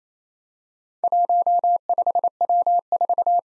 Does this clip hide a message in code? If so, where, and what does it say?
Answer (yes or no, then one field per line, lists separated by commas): yes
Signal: Morse code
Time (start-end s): 1.0-3.4 s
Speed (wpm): 29 wpm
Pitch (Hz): 700 Hz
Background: none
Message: 15W4